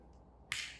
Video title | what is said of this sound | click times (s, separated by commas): Horizon DIY RACE - video 1 - Unboxing the Kit | push it you might hear a little snap and then I I'll turn the axle this one's not turning so we need to kind of fidget with it a little bit and there you go nice and easy | 0.5 s